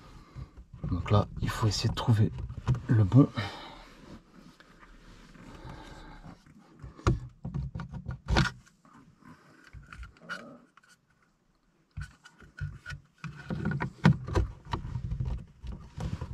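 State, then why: Not seated. A plastic trim cover is being fitted around a dashcam mount into the mirror-base housing on the windshield of an Audi Q2, and someone talks while handling it. Sharp plastic taps and knocks are heard near 7.1, 8.4, 13.8, 14.1 and 14.7 seconds, with rustling between them. Nothing has seated or clicked yet.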